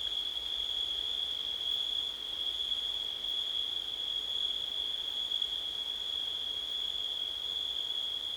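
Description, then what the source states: Cricket giving a continuous high-pitched ringing trill, level and steady, with quiet background noise below. September night, with wind.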